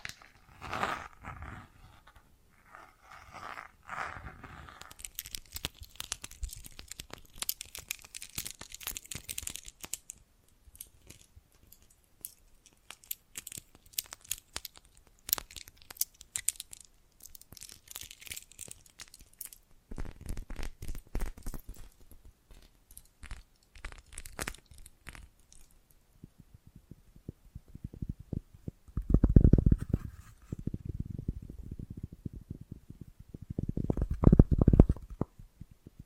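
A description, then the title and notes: Handling of bracelets and jewelry boxes, with dense clicks, rustles and crinkly scraping for the first ten seconds. Sparser taps and shuffles follow, then heavier low thumps and clunks near thirty and thirty-five seconds. ASMR Sensitive & Sleepy Triggers Bracelets and Jewelry Boxes (No Talking).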